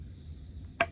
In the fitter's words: I shoved this back all the way, and it actually snapped in place and